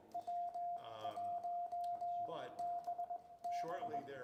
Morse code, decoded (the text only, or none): W1BB